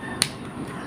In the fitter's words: You just hear a snap, it will snap into place.